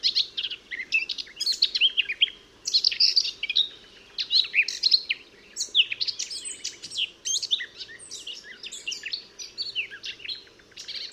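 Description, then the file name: Eurasian blackcap song, a fast, continuous run of scratchy chirps and clear whistled notes, broken by short pauses, with a faint low hum beneath. "Sylvia atricapilla"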